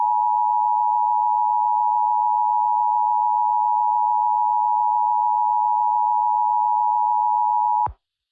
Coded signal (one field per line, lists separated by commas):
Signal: Emergency Alert System (SAME) tones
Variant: 853 and 960 Hz attention tone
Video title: EAS Scenario 3: Buzz.exe